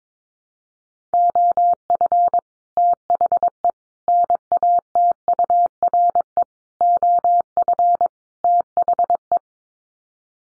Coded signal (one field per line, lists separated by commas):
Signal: Morse code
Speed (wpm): 22 wpm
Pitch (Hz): 700 Hz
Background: none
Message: OF THE NATURE OF THE